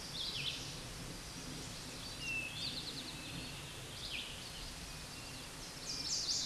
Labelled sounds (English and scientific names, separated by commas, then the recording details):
Eastern Towhee (Pipilo erythrophthalmus) song
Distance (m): 35 m
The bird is about 10 m below the microphone
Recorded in a Pennsylvania forest on 16 May 2024 at 09:50
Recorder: AudioMoth, point MSD-1849
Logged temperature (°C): 12.1 °C
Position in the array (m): 3 m, 44 m